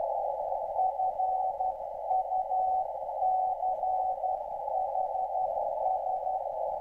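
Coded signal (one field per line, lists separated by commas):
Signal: Morse code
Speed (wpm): 12 wpm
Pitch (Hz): 750 Hz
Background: none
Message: FUCHS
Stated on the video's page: Signal received on HDSDR with frequency auto-controlled by Orbitron satellite tracking software.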